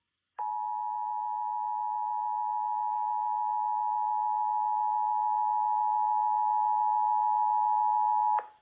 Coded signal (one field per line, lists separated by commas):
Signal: Emergency Alert System (SAME) tones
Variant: 853 and 960 Hz attention tone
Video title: EAS scenario the killer Easter bunny special￼